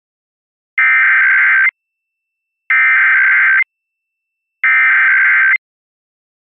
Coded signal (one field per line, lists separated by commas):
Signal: Emergency Alert System (SAME) tones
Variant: header bursts